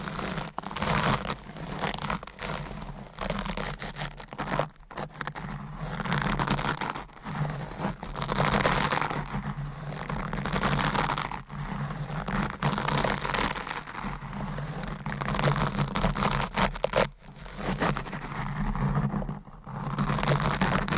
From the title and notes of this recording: ASMR Deep Mic Scratching , Brushing & Stroking Asmr No Talking.